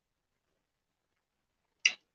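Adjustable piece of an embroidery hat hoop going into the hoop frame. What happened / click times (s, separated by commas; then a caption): The plastic piece snapped into place / 1.9 s. The adjustable plastic piece of an embroidery hat hoop is twisted and forced into place in the hoop frame. After near silence, a single sharp, loud click sounds at 1.9 s as the piece seats.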